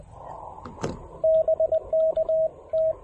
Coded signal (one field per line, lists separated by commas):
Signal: Morse code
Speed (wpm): 20 wpm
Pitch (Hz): 640 Hz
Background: radio noise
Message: BK T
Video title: Getting to Know You: The Ten-Tec Argonaut V Transceiver--my thoughts and a POTA activation!